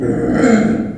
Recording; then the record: squeal of a Yucatan mini pig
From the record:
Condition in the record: after surgery on the right vocal fold (resection and tissue-engineered implant); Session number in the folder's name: 3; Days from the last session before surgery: 21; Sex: female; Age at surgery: 19 weeks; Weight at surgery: 25 kg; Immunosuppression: prednisolone